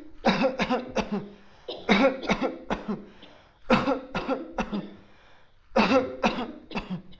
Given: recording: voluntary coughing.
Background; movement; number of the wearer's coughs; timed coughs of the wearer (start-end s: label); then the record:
a bystander coughing; sitting; 12
0.23-0.57 s: cough
0.57-0.94 s: cough
0.94-1.24 s: cough
1.86-2.21 s: cough
2.26-2.63 s: cough
2.68-3.01 s: cough
3.68-4.05 s: cough
4.14-4.47 s: cough
4.56-4.85 s: cough
5.74-6.21 s: cough
6.21-6.66 s: cough
6.75-7.03 s: cough
From the record:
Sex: male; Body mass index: 20.6 kg/m2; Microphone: on the chest, facing outward